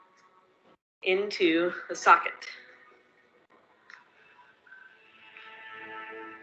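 A wearer is standing into a prosthetic leg socket, with the locking pin on the silicone liner being handled toward the socket's shuttle lock. Someone talks, followed by a few faint short sounds and soft music toward the end. Nothing has seated or clicked yet.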